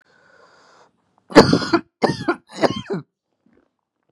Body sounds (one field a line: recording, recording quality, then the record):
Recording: heavy voluntary cough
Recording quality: excellent, no background noise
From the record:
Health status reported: recovered from COVID-19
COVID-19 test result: positive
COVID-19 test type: RT-PCR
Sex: male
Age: 29 years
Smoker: yes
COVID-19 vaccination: both doses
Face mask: not worn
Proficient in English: yes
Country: India